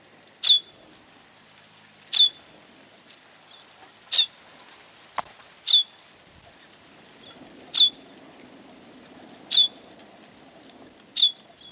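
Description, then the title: Bird repeating a piercing, high note that slides sharply downward, about every two seconds, seven times, with a brief click and a soft low rumble. "LuckyPassaro Completos2Sama"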